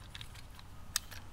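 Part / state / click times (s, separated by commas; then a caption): jib arm into its locking grooves on the arm assembly / not seated / none. The folding arm of a Kessler Crane Pocket Jib Traveler, a compact camera jib, is swung back toward the small locking grooves in its metal arms. Faint ticks are heard around 0.2 s, then a sharper, brighter tick at 1.0 s over low background noise. Nothing has seated or clicked yet; the arm is not yet locked home.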